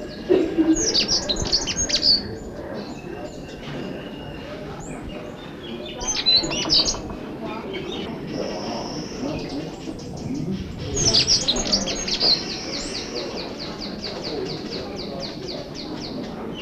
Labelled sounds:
Straw-tailed Whydah (Vidua fischeri) call

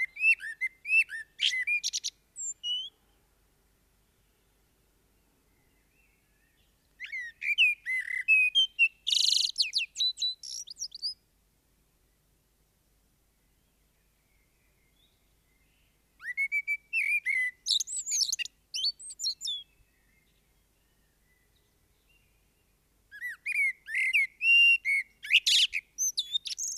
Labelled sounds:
Common Blackbird (Turdus merula) song

